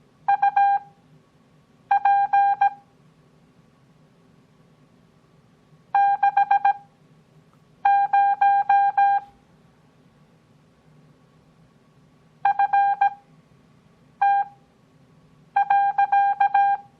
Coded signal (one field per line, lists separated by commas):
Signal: Morse code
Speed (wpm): 17 wpm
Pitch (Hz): 800 Hz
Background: none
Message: UP 60 FT.